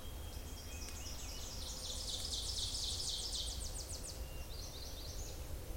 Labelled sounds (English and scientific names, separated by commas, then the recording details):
Ovenbird (Seiurus aurocapilla) song
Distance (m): 65 m
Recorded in boreal forest in Alberta, Canada, on 26 May 2016 at 07:52
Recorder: SongMeter 3, array SBT-3-15
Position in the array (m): 52 m, 221 m
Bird 20